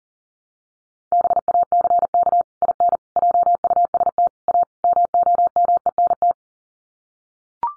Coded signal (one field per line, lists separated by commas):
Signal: Morse code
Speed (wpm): 40 wpm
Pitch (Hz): 700 Hz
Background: none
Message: BACK IN JUST A MOMENT